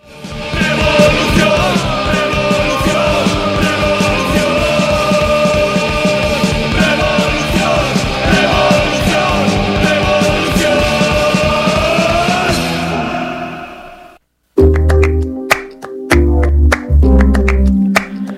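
A strained, cracking scream rides over loud, dense music with a steady beat for about thirteen seconds, then cuts off abruptly before a short burst of another loud passage.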